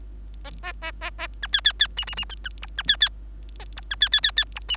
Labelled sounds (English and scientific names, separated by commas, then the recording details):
Bengalese Finch (Lonchura striata domestica) song
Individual Bird3